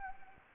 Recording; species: mosquito wingbeat signal from an infrared sensor; Anopheles gambiae